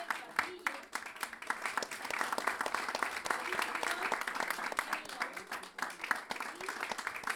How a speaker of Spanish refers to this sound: Esta noche van a estar Alexis Díaz Pimienta. Aplausos.